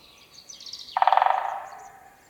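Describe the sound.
Woodpecker call: a short burst of rapid pulsed notes in a quick rattling series, fading out.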